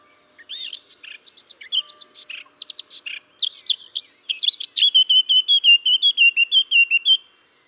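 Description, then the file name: Eurasian blackcap song: a quick scratchy, chattering warble that breaks into a loud, clear fluted phrase of repeated whistled notes, ending abruptly. "Sylvia atricapilla"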